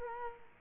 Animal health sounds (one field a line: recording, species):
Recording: mosquito wingbeat signal from an infrared sensor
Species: Culex quinquefasciatus